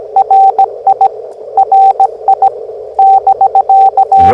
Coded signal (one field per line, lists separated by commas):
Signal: Morse code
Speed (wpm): 17 wpm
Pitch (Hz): 780 Hz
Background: radio noise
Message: RI RI <BK>